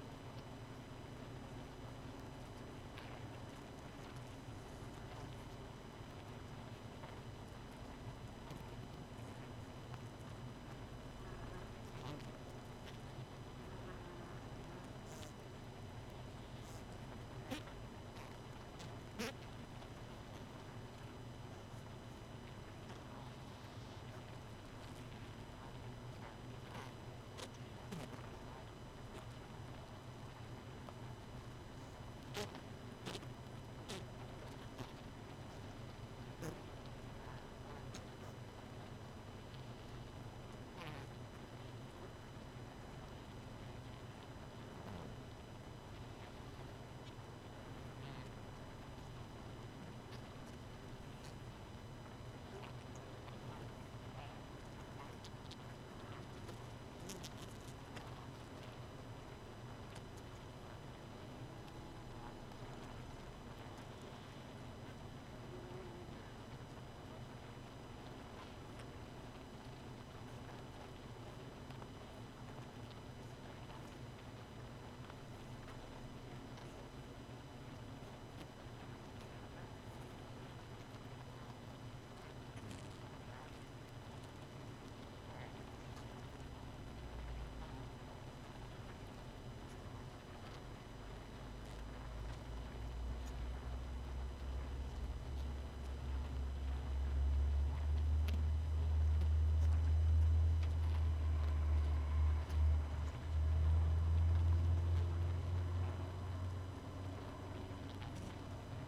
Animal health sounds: honeybee colony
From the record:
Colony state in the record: missing queen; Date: 31 May 2018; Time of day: 0:26

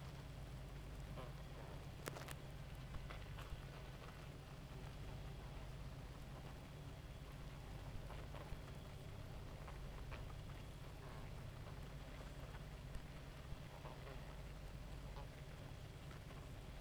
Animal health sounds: honeybee colony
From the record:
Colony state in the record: active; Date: 28 July 2017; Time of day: 2:28

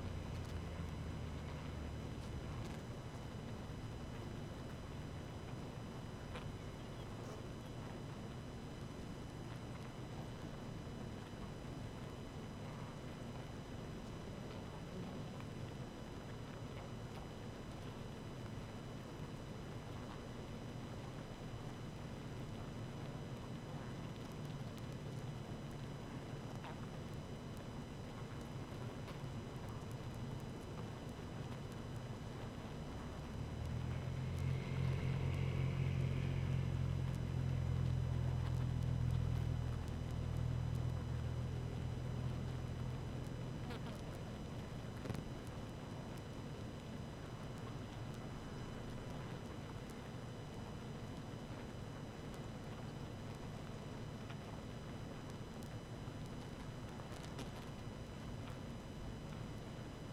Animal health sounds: honeybee colony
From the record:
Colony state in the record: active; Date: 12 June 2018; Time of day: 18:22

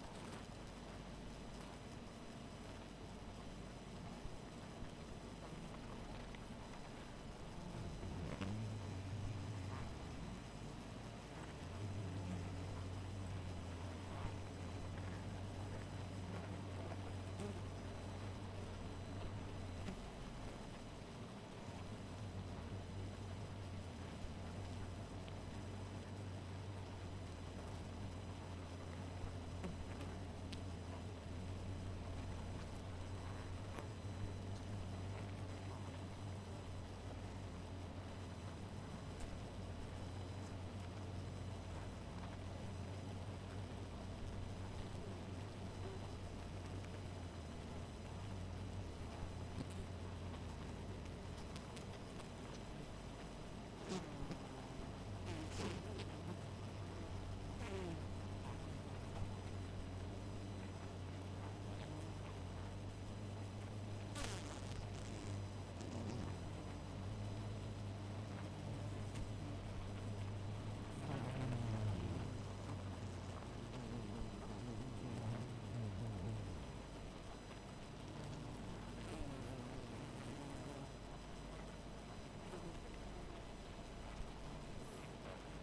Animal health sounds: honeybee colony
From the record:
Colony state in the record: missing queen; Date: 14 July 2017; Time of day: 2:31

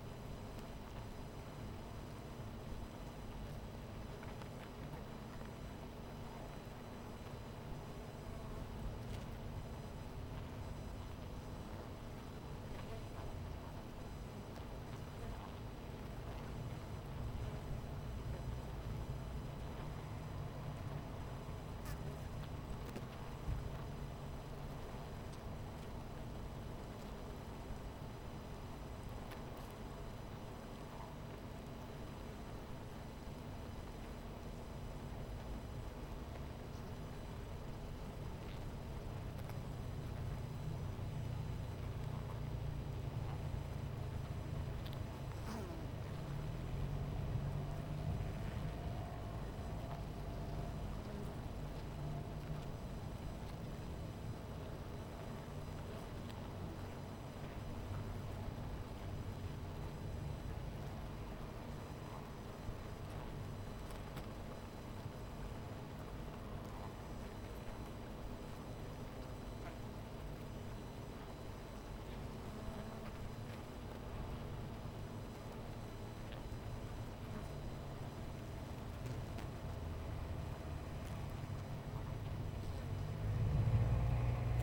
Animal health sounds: honeybee colony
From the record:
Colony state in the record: missing queen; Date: 14 July 2017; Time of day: 11:32

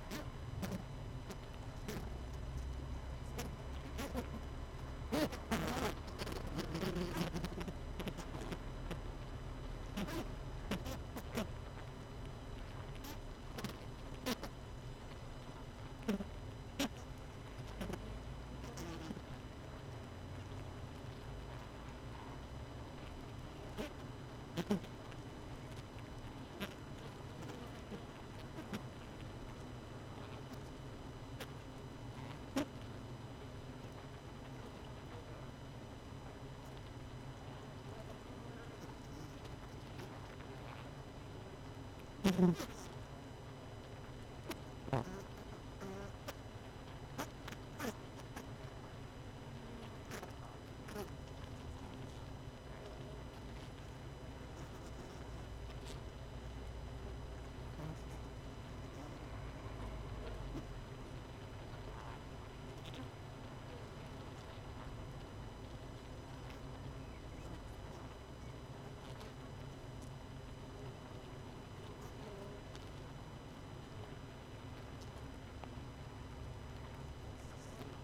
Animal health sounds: honeybee colony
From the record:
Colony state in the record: missing queen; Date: 31 May 2018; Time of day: 18:36

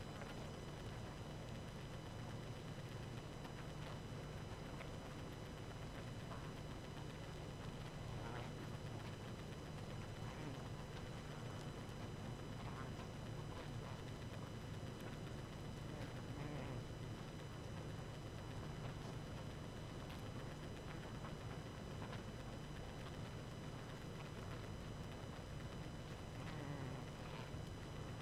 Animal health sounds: honeybee colony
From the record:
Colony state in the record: active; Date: 12 June 2018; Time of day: 19:40

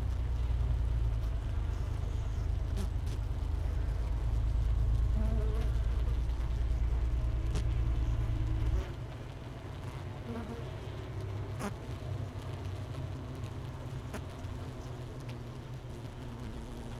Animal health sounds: honeybee colony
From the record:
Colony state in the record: missing queen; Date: 31 May 2018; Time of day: 9:52

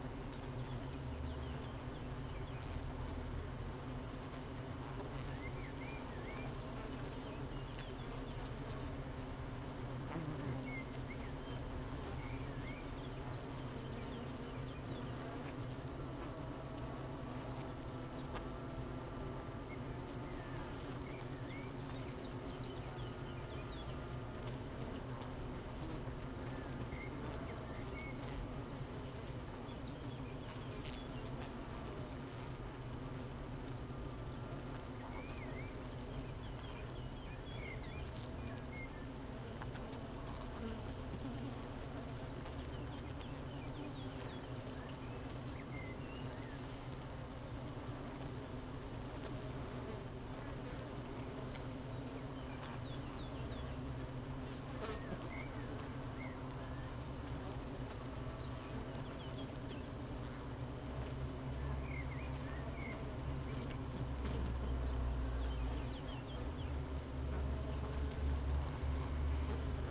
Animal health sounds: honeybee colony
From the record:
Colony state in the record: missing queen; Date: 31 May 2018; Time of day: 8:11

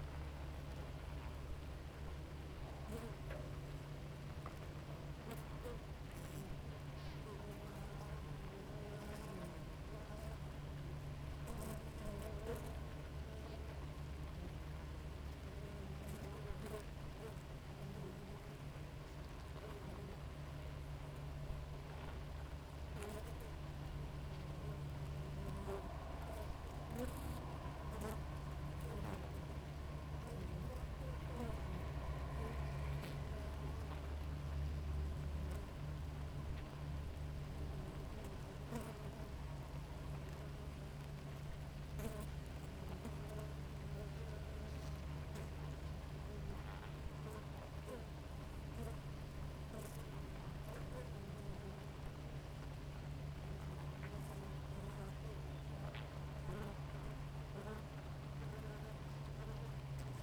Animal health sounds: honeybee colony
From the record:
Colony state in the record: active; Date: 28 July 2017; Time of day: 5:20

